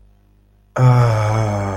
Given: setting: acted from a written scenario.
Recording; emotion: vocal sound without words; contentment